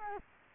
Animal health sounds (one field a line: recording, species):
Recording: mosquito wingbeat signal from an infrared sensor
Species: Culex quinquefasciatus